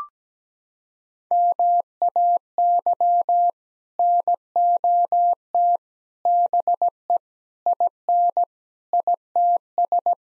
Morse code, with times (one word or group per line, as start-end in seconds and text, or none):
1.3-3.5 MAY
4.0-5.8 NOT
6.3-7.2 BE
7.7-8.4 IN
8.9-10.1 ITS